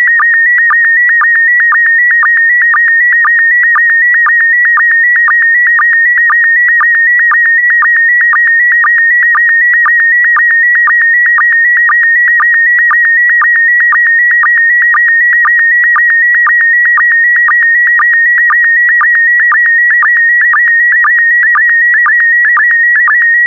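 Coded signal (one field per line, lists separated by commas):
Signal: SSTV (slow-scan television)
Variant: PD120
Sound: steady high warbling tone with rapid regular clicks, about two per second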